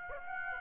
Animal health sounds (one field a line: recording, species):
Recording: mosquito wingbeat signal from an infrared sensor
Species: Aedes aegypti